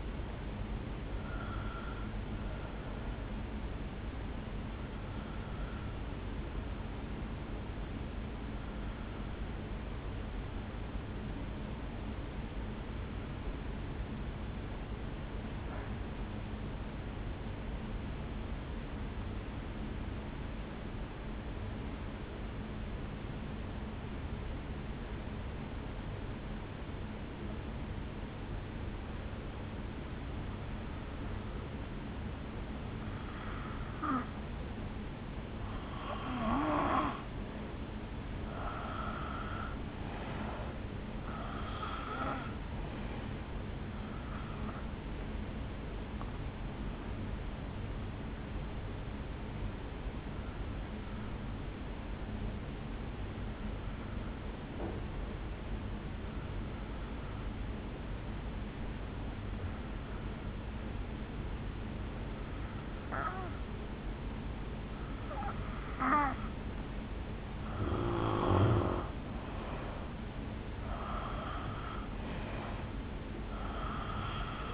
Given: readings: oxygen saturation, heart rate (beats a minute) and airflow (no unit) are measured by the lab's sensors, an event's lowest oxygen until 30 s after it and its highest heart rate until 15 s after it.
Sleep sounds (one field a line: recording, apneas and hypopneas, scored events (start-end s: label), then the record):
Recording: breathing in sleep by a voice recorder at the bedside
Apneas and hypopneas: 2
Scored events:
8.00-36.10 s: hypopnea (N2, oxygen 98% highest, then 86% lowest, heart rate 52 at the start, 70 highest)
48.00-68.10 s: hypopnea (N2, oxygen 93% highest, then 86% lowest, heart rate 68 at the start, 69 highest)
From the record:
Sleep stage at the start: N2 (light sleep)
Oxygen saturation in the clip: 83 to 98%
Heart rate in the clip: 51 to 70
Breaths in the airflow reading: 11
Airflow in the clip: -8.0 to 4.2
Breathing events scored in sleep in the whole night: 449 in 7.0 hours asleep